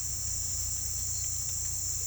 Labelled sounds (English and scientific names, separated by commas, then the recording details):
none
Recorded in pastures near Puerto Asís, Putumayo, Colombia, on 16 December 2024 at 17:30
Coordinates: 0.472, -76.329
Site G072